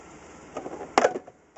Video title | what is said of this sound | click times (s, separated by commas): Chevy Cav Dash Removal Part 1 | just heard it pop this off there also another tab is under here | 1.0 s